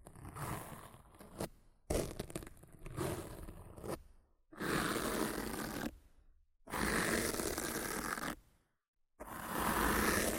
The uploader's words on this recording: ASMR Rough Mic Scratching & Brushing (No Talking).